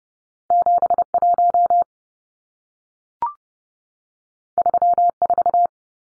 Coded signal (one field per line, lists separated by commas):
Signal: Morse code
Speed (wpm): 30 wpm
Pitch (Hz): 700 Hz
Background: none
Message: 71 34